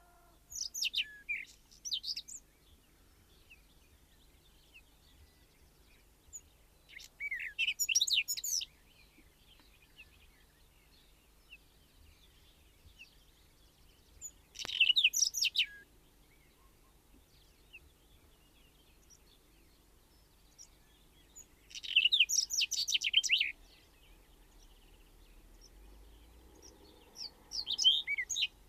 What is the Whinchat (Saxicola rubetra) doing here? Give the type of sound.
song